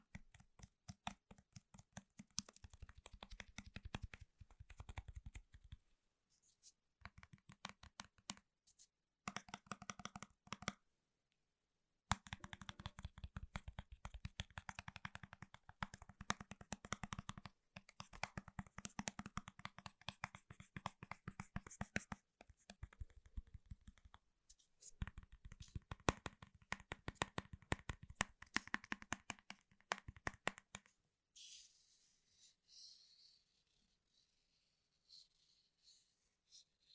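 Fast tapping and clicking on Apple gear such as keyboards, laptops and product boxes, in dense bursts of sharp taps with brief pauses near 6, 9 and 12 seconds. After about 31 seconds the taps turn soft and sparse, leaving faint, thin scratchy sounds.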